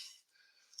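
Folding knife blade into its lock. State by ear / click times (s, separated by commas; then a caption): seated / 0.7 s, 0.8 s. The blade of a folding utility knife with brass liners is worked into its lock. After a soft, fading high-pitched hiss, two short metallic snaps sound at 0.7 s and 0.8 s, the second louder. The lock seats firmly into place.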